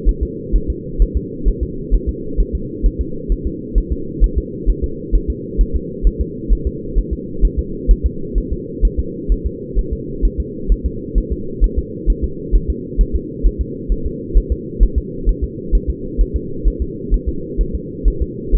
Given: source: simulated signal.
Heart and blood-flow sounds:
fetal heart sounds
0.09 s: S1
0.23 s: S2
0.56 s: S1
0.70 s: S2
1.02 s: S1
1.17 s: S2
1.48 s: S1
1.63 s: S2
1.94 s: S1
2.09 s: S2
2.40 s: S1
2.55 s: S2
2.86 s: S1
3.01 s: S2
3.32 s: S1
3.47 s: S2
3.78 s: S1
3.92 s: S2
4.24 s: S1
4.38 s: S2
4.70 s: S1
4.84 s: S2
5.15 s: S1
5.30 s: S2
5.61 s: S1
5.76 s: S2
6.07 s: S1
6.21 s: S2
6.53 s: S1
6.67 s: S2
6.99 s: S1
7.13 s: S2
7.45 s: S1
7.59 s: S2
7.91 s: S1
8.06 s: S2
8.38 s: S1
8.53 s: S2
8.85 s: S1
9.00 s: S2
9.32 s: S1
9.46 s: S2
9.79 s: S1
9.93 s: S2
10.25 s: S1
10.40 s: S2
10.72 s: S1
10.86 s: S2
11.18 s: S1
11.33 s: S2
11.64 s: S1
11.79 s: S2
12.10 s: S1
12.24 s: S2
12.56 s: S1
12.70 s: S2
13.01 s: S1
13.16 s: S2
13.46 s: S1
13.61 s: S2
13.92 s: S1
14.06 s: S2
14.38 s: S1
14.52 s: S2
14.83 s: S1
14.98 s: S2
15.29 s: S1
15.44 s: S2
15.75 s: S1
15.90 s: S2
16.21 s: S1
16.36 s: S2
16.68 s: S1
16.82 s: S2
17.14 s: S1
17.29 s: S2
17.61 s: S1
17.75 s: S2
18.08 s: S1
18.22 s: S2
18.55 s: S1
From the record:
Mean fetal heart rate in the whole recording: 130 bpm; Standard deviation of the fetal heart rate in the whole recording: 2 bpm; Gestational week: 36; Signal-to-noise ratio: -4.3 dB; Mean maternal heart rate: 72 bpm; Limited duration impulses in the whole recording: absent

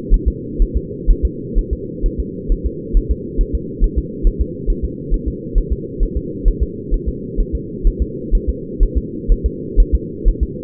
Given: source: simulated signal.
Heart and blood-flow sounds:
fetal heart sounds
0.14 s: S1
0.28 s: S2
0.62 s: S1
0.77 s: S2
1.10 s: S1
1.25 s: S2
1.58 s: S1
1.73 s: S2
2.06 s: S1
2.20 s: S2
2.52 s: S1
2.67 s: S2
2.97 s: S1
3.11 s: S2
3.41 s: S1
3.55 s: S2
3.84 s: S1
3.98 s: S2
4.27 s: S1
4.41 s: S2
4.70 s: S1
4.85 s: S2
5.14 s: S1
5.28 s: S2
5.58 s: S1
5.73 s: S2
6.03 s: S1
6.17 s: S2
6.48 s: S1
6.63 s: S2
6.94 s: S1
7.08 s: S2
7.40 s: S1
7.55 s: S2
7.87 s: S1
8.02 s: S2
8.35 s: S1
8.49 s: S2
8.83 s: S1
8.98 s: S2
9.32 s: S1
9.46 s: S2
9.80 s: S1
9.95 s: S2
10.28 s: S1
10.43 s: S2
From the record:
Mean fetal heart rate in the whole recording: 130 bpm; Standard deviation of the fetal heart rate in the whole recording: 4 bpm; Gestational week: 38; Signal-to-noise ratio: -4.1 dB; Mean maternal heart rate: no maternal heart sound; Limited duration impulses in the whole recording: absent

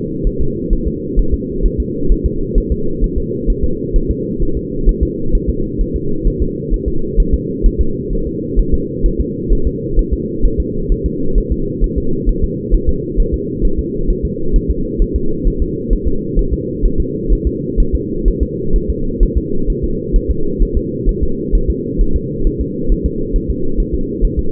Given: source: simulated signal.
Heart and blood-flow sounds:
fetal heart sounds
0.27 s: S1
0.41 s: S2
0.73 s: S1
0.87 s: S2
1.19 s: S1
1.34 s: S2
1.66 s: S1
1.80 s: S2
2.12 s: S1
2.26 s: S2
2.58 s: S1
2.72 s: S2
3.04 s: S1
3.18 s: S2
3.50 s: S1
3.64 s: S2
3.96 s: S1
4.11 s: S2
4.43 s: S1
4.57 s: S2
4.89 s: S1
5.03 s: S2
5.35 s: S1
5.49 s: S2
5.81 s: S1
5.96 s: S2
6.27 s: S1
6.42 s: S2
6.74 s: S1
6.88 s: S2
7.20 s: S1
7.34 s: S2
7.66 s: S1
7.81 s: S2
8.13 s: S1
8.27 s: S2
8.59 s: S1
8.74 s: S2
9.06 s: S1
9.20 s: S2
9.52 s: S1
9.67 s: S2
9.99 s: S1
10.13 s: S2
10.45 s: S1
10.60 s: S2
10.92 s: S1
11.06 s: S2
11.38 s: S1
11.52 s: S2
11.84 s: S1
11.98 s: S2
12.29 s: S1
12.44 s: S2
12.75 s: S1
12.89 s: S2
13.20 s: S1
13.34 s: S2
13.65 s: S1
13.79 s: S2
14.10 s: S1
14.25 s: S2
14.56 s: S1
14.70 s: S2
15.02 s: S1
15.16 s: S2
15.48 s: S1
15.62 s: S2
15.93 s: S1
16.08 s: S2
16.39 s: S1
16.53 s: S2
16.86 s: S1
17.00 s: S2
17.33 s: S1
17.47 s: S2
17.80 s: S1
17.95 s: S2
18.28 s: S1
18.43 s: S2
18.76 s: S1
18.90 s: S2
19.23 s: S1
19.38 s: S2
19.70 s: S1
19.84 s: S2
20.16 s: S1
20.30 s: S2
20.62 s: S1
20.77 s: S2
21.09 s: S1
21.23 s: S2
21.55 s: S1
21.70 s: S2
22.01 s: S1
22.16 s: S2
22.47 s: S1
22.61 s: S2
22.92 s: S1
23.06 s: S2
23.36 s: S1
23.50 s: S2
23.80 s: S1
23.94 s: S2
24.25 s: S1
24.39 s: S2
From the record:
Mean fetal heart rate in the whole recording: 130 bpm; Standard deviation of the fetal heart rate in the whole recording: 2 bpm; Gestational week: 38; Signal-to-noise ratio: -8.1 dB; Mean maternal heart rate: 72 bpm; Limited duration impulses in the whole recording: absent

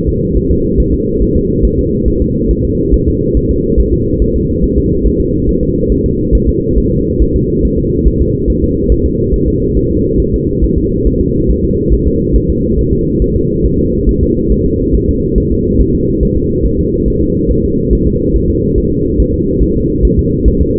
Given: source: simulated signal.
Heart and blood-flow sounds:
fetal heart sounds
0.09 s: S2
0.37 s: S1
0.51 s: S2
0.80 s: S1
0.94 s: S2
1.22 s: S1
1.36 s: S2
1.65 s: S1
1.79 s: S2
2.08 s: S1
2.22 s: S2
2.51 s: S1
2.65 s: S2
2.94 s: S1
3.08 s: S2
3.37 s: S1
3.51 s: S2
3.80 s: S1
3.94 s: S2
4.22 s: S1
4.36 s: S2
4.64 s: S1
4.78 s: S2
5.06 s: S1
5.20 s: S2
5.49 s: S1
5.63 s: S2
5.92 s: S1
6.06 s: S2
6.35 s: S1
6.49 s: S2
6.78 s: S1
6.92 s: S2
7.22 s: S1
7.36 s: S2
7.65 s: S1
7.79 s: S2
8.07 s: S1
8.21 s: S2
8.50 s: S1
8.64 s: S2
8.92 s: S1
9.06 s: S2
9.34 s: S1
9.48 s: S2
9.77 s: S1
9.91 s: S2
10.20 s: S1
10.34 s: S2
10.64 s: S1
10.78 s: S2
11.07 s: S1
11.21 s: S2
11.50 s: S1
11.65 s: S2
11.93 s: S1
12.08 s: S2
12.36 s: S1
12.50 s: S2
12.79 s: S1
12.93 s: S2
13.22 s: S1
13.36 s: S2
13.65 s: S1
13.79 s: S2
14.09 s: S1
14.23 s: S2
14.52 s: S1
14.66 s: S2
14.95 s: S1
15.09 s: S2
15.38 s: S1
15.52 s: S2
15.81 s: S1
15.95 s: S2
16.23 s: S1
16.37 s: S2
16.66 s: S1
16.80 s: S2
17.08 s: S1
17.22 s: S2
17.51 s: S1
17.65 s: S2
17.93 s: S1
18.07 s: S2
18.36 s: S1
18.50 s: S2
18.78 s: S1
18.92 s: S2
19.20 s: S1
19.34 s: S2
19.62 s: S1
19.77 s: S2
20.05 s: S1
20.19 s: S2
20.48 s: S1
20.62 s: S2
From the record:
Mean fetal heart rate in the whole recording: 140 bpm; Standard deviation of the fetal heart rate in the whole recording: 2 bpm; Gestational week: 34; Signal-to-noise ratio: -10.2 dB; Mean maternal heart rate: 72 bpm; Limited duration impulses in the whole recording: present

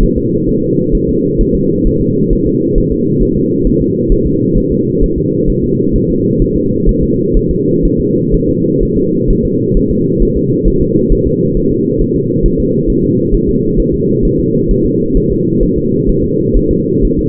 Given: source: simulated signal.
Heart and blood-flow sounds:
fetal heart sounds
0.03 s: S1
0.18 s: S2
0.49 s: S1
0.64 s: S2
0.95 s: S1
1.09 s: S2
1.41 s: S1
1.55 s: S2
1.87 s: S1
2.02 s: S2
2.33 s: S1
2.47 s: S2
2.78 s: S1
2.92 s: S2
3.23 s: S1
3.37 s: S2
3.67 s: S1
3.81 s: S2
4.12 s: S1
4.26 s: S2
4.58 s: S1
4.72 s: S2
5.04 s: S1
5.18 s: S2
5.50 s: S1
5.64 s: S2
5.96 s: S1
6.10 s: S2
6.42 s: S1
6.56 s: S2
6.89 s: S1
7.03 s: S2
7.37 s: S1
7.51 s: S2
7.85 s: S1
8.00 s: S2
8.34 s: S1
8.49 s: S2
8.83 s: S1
8.97 s: S2
9.30 s: S1
9.45 s: S2
9.77 s: S1
9.91 s: S2
10.22 s: S1
10.37 s: S2
10.68 s: S1
10.82 s: S2
11.12 s: S1
11.27 s: S2
11.57 s: S1
11.71 s: S2
12.01 s: S1
12.16 s: S2
12.46 s: S1
12.60 s: S2
12.90 s: S1
13.04 s: S2
13.34 s: S1
13.49 s: S2
13.79 s: S1
13.94 s: S2
14.25 s: S1
14.40 s: S2
14.71 s: S1
14.86 s: S2
15.17 s: S1
15.32 s: S2
15.63 s: S1
15.78 s: S2
16.09 s: S1
16.24 s: S2
16.57 s: S1
16.71 s: S2
17.05 s: S1
17.19 s: S2
From the record:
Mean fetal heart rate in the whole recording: 130 bpm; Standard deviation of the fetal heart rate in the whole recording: 4 bpm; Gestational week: 38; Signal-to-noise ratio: -11.2 dB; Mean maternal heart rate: 72 bpm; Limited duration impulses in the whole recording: present

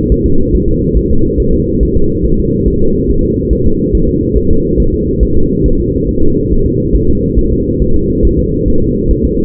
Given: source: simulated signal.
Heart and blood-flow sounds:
fetal heart sounds
0.12 s: S1
0.26 s: S2
0.55 s: S1
0.69 s: S2
0.97 s: S1
1.11 s: S2
1.40 s: S1
1.54 s: S2
1.83 s: S1
1.97 s: S2
2.25 s: S1
2.39 s: S2
2.68 s: S1
2.82 s: S2
3.11 s: S1
3.25 s: S2
3.53 s: S1
3.67 s: S2
3.95 s: S1
4.09 s: S2
4.37 s: S1
4.51 s: S2
4.80 s: S1
4.94 s: S2
5.23 s: S1
5.37 s: S2
5.66 s: S1
5.80 s: S2
6.09 s: S1
6.23 s: S2
6.52 s: S1
6.66 s: S2
6.95 s: S1
7.10 s: S2
7.38 s: S1
7.53 s: S2
7.82 s: S1
7.96 s: S2
8.25 s: S1
8.39 s: S2
8.68 s: S1
8.82 s: S2
9.11 s: S1
9.25 s: S2
From the record:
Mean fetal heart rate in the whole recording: 140 bpm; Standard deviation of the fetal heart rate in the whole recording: 2 bpm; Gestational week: 34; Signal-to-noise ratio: -17.7 dB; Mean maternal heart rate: 72 bpm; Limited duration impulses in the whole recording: present

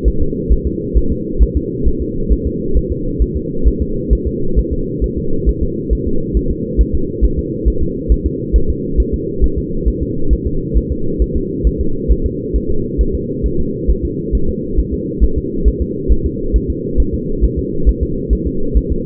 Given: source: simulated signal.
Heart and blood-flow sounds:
fetal heart sounds
0.08 s: S1
0.22 s: S2
0.52 s: S1
0.67 s: S2
0.97 s: S1
1.12 s: S2
1.43 s: S1
1.57 s: S2
1.88 s: S1
2.02 s: S2
2.32 s: S1
2.47 s: S2
2.77 s: S1
2.92 s: S2
3.22 s: S1
3.37 s: S2
3.68 s: S1
3.82 s: S2
4.13 s: S1
4.28 s: S2
4.59 s: S1
4.73 s: S2
5.04 s: S1
5.18 s: S2
5.49 s: S1
5.63 s: S2
5.93 s: S1
6.07 s: S2
6.37 s: S1
6.51 s: S2
6.81 s: S1
6.95 s: S2
7.24 s: S1
7.39 s: S2
7.68 s: S1
7.83 s: S2
8.12 s: S1
8.27 s: S2
8.56 s: S1
8.70 s: S2
9.00 s: S1
9.14 s: S2
9.44 s: S1
9.58 s: S2
9.88 s: S1
10.03 s: S2
10.33 s: S1
10.47 s: S2
10.77 s: S1
10.92 s: S2
11.22 s: S1
11.36 s: S2
11.67 s: S1
11.81 s: S2
12.11 s: S1
12.26 s: S2
12.56 s: S1
12.71 s: S2
13.01 s: S1
13.15 s: S2
13.46 s: S1
13.60 s: S2
13.91 s: S1
14.05 s: S2
14.35 s: S1
14.49 s: S2
14.79 s: S1
14.94 s: S2
15.24 s: S1
15.38 s: S2
15.68 s: S1
15.82 s: S2
16.12 s: S1
16.26 s: S2
16.56 s: S1
16.70 s: S2
17.00 s: S1
17.15 s: S2
17.44 s: S1
17.59 s: S2
17.89 s: S1
18.03 s: S2
18.33 s: S1
18.47 s: S2
18.77 s: S1
18.92 s: S2
From the record:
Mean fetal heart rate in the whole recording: 135 bpm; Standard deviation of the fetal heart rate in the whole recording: 3 bpm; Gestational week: 34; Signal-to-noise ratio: -8.1 dB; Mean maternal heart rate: 72 bpm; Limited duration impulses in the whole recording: absent

